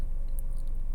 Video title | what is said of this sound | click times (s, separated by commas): Building a Copper Range 2 Bay Hopper From #Accurail | and then the center sill just snaps into place. | 0.4 s